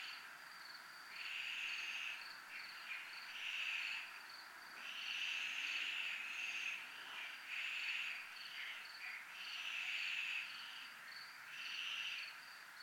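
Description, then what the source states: Cricket: a continuous high, rapidly pulsed chirping with rasping bursts swelling and fading about every two seconds. Crickets recorded at a zona militar (military zone).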